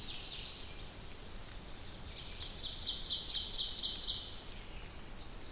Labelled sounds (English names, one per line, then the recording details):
Ovenbird song
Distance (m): 65 m
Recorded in boreal forest in Alberta, Canada, on 2 June 2016 at 08:39
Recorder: SongMeter 3, array SBT-3-7
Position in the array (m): 20 m, 132 m
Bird 4